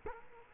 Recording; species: mosquito wingbeat signal from an infrared sensor; Culex quinquefasciatus